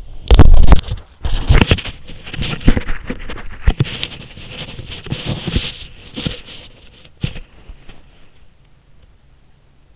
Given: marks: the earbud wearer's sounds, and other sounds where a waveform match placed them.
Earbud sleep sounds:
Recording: sounds in sleep by an in-ear microphone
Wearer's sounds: body movement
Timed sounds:
0.00-8.31 s: body movement

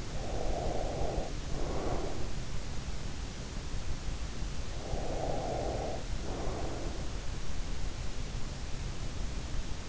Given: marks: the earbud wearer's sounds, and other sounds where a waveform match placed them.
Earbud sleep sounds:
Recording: sounds in sleep by an in-ear microphone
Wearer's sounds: breath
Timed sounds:
0.00-2.38 s: breath
4.84-7.10 s: breath

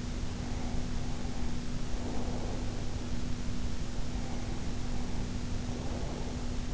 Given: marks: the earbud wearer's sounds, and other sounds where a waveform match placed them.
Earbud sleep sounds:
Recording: sounds in sleep by an in-ear microphone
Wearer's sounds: breath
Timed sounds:
0.32-3.23 s: breath
3.86-6.66 s: breath

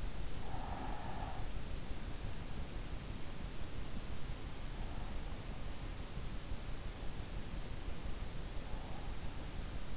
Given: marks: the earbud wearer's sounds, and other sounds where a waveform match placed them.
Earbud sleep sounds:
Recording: sounds in sleep by an in-ear microphone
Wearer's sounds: breath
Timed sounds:
0.00-2.05 s: breath

